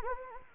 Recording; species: mosquito wingbeat signal from an infrared sensor; Anopheles gambiae